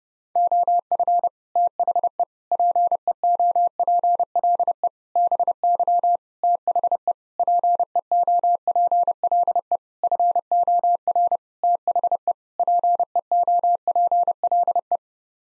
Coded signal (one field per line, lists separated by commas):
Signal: Morse code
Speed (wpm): 30 wpm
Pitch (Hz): 700 Hz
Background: none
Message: OF THE PEOPLE BY THE PEOPLE FOR THE PEOPLE